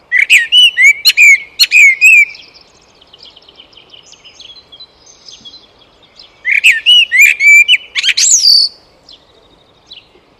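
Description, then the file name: Eurasian blackbird singing two bright phrases of flowing warbled notes with shrill high squeaks. Softer chattering continues between the phrases. "Turdus merula"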